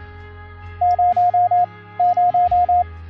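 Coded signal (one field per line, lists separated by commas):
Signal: none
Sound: software audio test beeps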